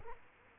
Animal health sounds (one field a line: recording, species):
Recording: mosquito wingbeat signal from an infrared sensor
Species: Culex quinquefasciatus